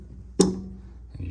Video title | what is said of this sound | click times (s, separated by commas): P0441 Fix Jeep Patriot | you should hear it click like that | 0.4 s